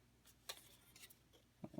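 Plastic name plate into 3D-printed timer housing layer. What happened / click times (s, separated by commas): The plastic plate snapped into its recess / 0.5 s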